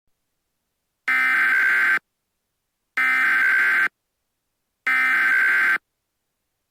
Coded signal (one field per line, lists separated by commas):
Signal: Emergency Alert System (SAME) tones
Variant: header bursts